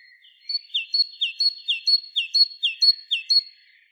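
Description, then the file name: Great tit song, a bright two-note phrase, high then lower, repeated about twice a second in a steady run of about six phrases. "Parus major"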